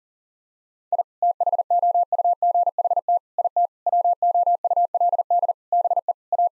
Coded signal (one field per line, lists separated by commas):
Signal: Morse code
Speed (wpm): 40 wpm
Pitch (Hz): 700 Hz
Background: none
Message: I THOUGHT IT WOULD BE A